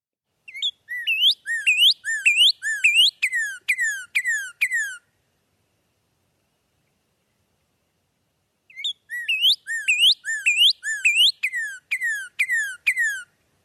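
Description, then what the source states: Northern Cardinal song: loud, clear whistled slurred notes in a steady series, given twice with a pause between. One version of the song; spring.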